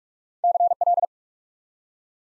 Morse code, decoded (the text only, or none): CL